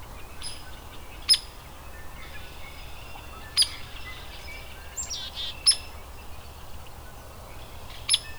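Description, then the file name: Hairy woodpecker sounding four crisp, single peek calls spaced a couple of seconds apart over soft chirps from other birds. Adult. "Hairy WPAdult"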